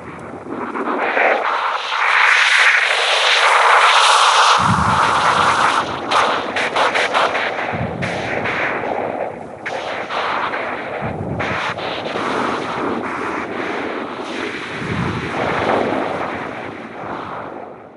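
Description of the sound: Harsh, noisy, crackling music with rough beat pulses, as heard through a simulated 8-channel cochlear implant, which blurs pitch and tone.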